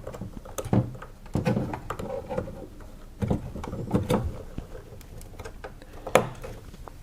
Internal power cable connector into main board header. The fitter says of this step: You hear a little click when that goes in, and then we're gonna take this